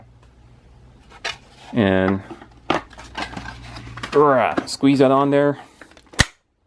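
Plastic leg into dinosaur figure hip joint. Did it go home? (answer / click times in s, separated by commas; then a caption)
yes / 6.2 s. The plastic right leg of a large dinosaur action figure is squeezed onto its hip peg while someone talks, with light plastic handling clicks along the way. A sharp snap at 6.2 s marks the leg seating onto the hip.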